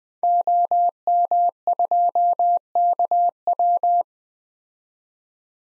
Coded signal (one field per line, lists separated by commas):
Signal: Morse code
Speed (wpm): 20 wpm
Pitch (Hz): 700 Hz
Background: none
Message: OM2KW